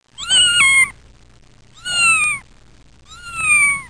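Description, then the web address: Cat meowing three times, each meow a drawn-out, slightly falling cry lasting under a second, spaced about a second and a half apart. "Soundsation. Animals Cats"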